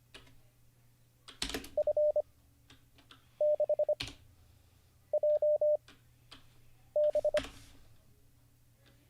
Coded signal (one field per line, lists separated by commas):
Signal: Morse code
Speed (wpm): 24 wpm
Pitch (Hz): 600 Hz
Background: none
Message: F 6 J B